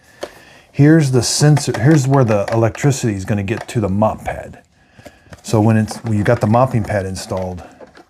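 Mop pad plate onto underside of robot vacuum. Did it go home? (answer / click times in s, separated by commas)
no / none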